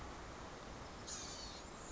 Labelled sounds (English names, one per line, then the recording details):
Blue-gray Gnatcatcher
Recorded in Sonoma County, California